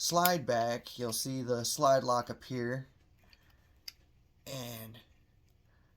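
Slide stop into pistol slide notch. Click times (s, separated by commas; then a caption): 3.9 s. On a Browning High Power Model 69C 9mm pistol, the slide is held back and the slide stop is pushed up into the slide notch, where it engages. Someone talks until about 2.9 s. A single sharp metal click at 3.9 s marks the slide stop locking in, and the talking resumes at about 4.5 s.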